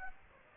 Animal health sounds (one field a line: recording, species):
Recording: mosquito wingbeat signal from an infrared sensor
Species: Aedes aegypti